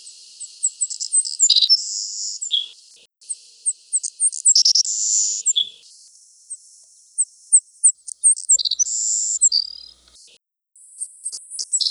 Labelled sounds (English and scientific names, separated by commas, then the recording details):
Savannah Sparrow (Passerculus sandwichensis) song
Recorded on Grand Manan, New Brunswick, in 1980